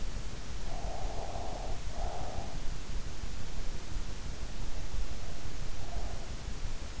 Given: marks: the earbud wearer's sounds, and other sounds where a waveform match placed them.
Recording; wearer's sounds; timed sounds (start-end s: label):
sounds in sleep by an in-ear microphone; breath
0.54-2.75 s: breath